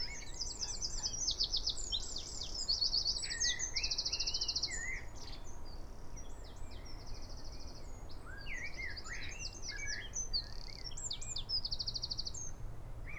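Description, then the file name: Eurasian wren pouring out loud, rapid song: piercing trills alternating with quick chips, nearly continuous. "Troglodytes troglodytes"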